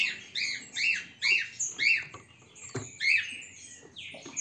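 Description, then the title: Green-winged saltator giving several arched, rising-then-falling whistled notes, with a short click near the middle. Song; the bird is described as singing strongly. "Canto De Trinca Ferro. ESSE CANTA FORTE, Trinca ferro"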